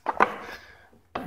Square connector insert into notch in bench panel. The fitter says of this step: just pops right into this little thing and then you